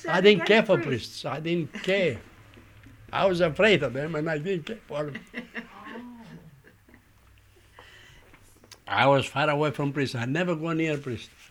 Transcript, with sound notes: I didn't care for priests! I didn't care. I was afraid of them and I didn't care for (laughing)
Oh.
I was far away from priests, I never go near a priest.